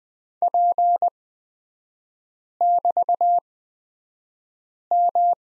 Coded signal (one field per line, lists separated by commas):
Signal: Morse code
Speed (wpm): 20 wpm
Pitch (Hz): 700 Hz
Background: none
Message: P<BT>M